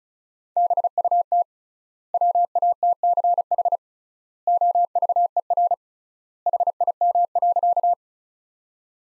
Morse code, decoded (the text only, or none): BUT WATCH OVER HIM.